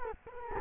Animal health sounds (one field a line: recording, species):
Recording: mosquito wingbeat signal from an infrared sensor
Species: Culex quinquefasciatus